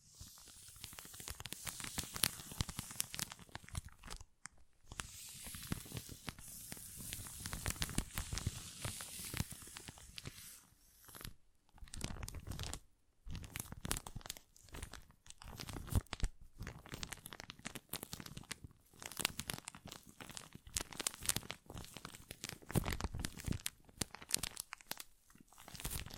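A tingly sound assortment of dense crinkling, tearing and crunching noises, bright and busy, broken by several short silences throughout.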